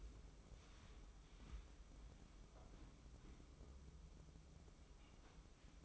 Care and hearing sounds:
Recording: daily activity, microphone in the room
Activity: wipe stove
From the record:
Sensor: 1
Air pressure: 996.1 hPa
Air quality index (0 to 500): 70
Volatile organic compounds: 3 ppm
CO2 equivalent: 1446 ppm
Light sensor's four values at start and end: 27/99/37/38 and 27/99/37/38

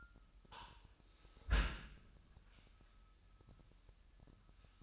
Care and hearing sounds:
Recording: daily activity, microphone in the room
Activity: close dishwasher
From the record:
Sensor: 2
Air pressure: 998.3 hPa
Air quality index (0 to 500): 146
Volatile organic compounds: 4 ppm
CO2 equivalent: 1648 ppm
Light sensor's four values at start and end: 10/31/12/12 and 10/31/12/12

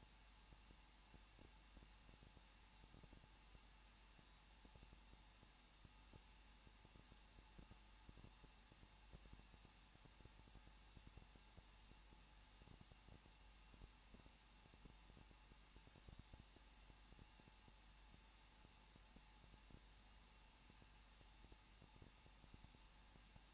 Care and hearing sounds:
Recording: daily activity, microphone in the room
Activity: no activity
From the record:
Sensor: 1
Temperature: 20.1 degrees Celsius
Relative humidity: 39.1%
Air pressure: 1006.5 hPa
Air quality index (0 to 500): 216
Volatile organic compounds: 73 ppm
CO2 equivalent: 3545 ppm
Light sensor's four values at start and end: 1/2/1/1 and 1/2/1/1

